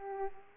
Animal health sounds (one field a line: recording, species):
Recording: mosquito wingbeat signal from an infrared sensor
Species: Aedes aegypti